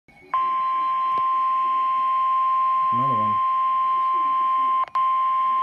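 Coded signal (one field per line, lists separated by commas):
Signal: Emergency Alert System (SAME) tones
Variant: 1050 Hz attention tone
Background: speech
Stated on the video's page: Tornado warning received from NOAA Weather Radio station WXJ71.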